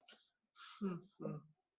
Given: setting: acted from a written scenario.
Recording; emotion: vocal sound without words; guilt